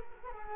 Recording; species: mosquito wingbeat signal from an infrared sensor; Culex quinquefasciatus